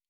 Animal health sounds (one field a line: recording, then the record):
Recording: hydrophone in a shrimp aquaculture tank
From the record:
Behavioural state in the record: normal